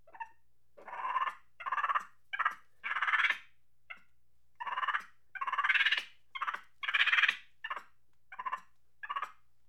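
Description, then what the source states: Monkey chatter as a rapid string of harsh, grating bursts, some short and some drawn out, repeated steadily throughout. Angry chatter.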